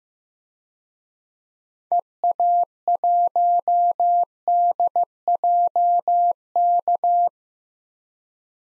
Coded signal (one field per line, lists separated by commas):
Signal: Morse code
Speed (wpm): 15 wpm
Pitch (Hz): 700 Hz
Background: none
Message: EA1DJK